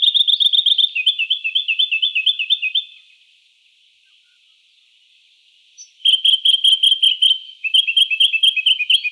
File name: jacky winter